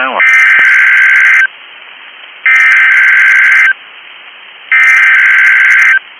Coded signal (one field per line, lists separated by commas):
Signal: Emergency Alert System (SAME) tones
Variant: header bursts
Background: speech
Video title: EAS #1,817 Online NOAA Weather Radio Maryland Tornado Drill 4/9/25